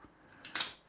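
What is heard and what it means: The locking button on a plastic buckle of a Hazard 4 Switchback SlingPack bag strap, which holds the buckle shut until pushed up, is pushed up and the buckle is opened. Two quick clicks are heard at about 0.5 s and 0.6 s, the second louder and longer, and the buckle is released.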